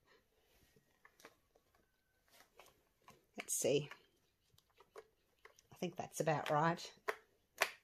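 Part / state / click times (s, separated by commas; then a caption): resin coasters into their resin holder/tray set / seated / 7.1 s, 7.6 s. Someone talks while cured resin coasters with a flame fire effect are pressed back into their matching resin tray and holder set, with soft handling clicks along the way. Two sharp snaps ring out at 7.1 s and 7.6 s as the coasters clip into place and sit seated in the holder.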